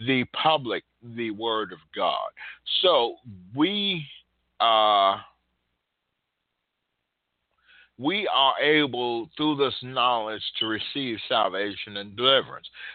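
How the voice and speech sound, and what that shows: An adult man who stutters, preaching, speaks with stretched words and a long stalled pause of nearly three seconds before restarting the phrase, then continues with broken phrasing, consistent with stuttering disfluency.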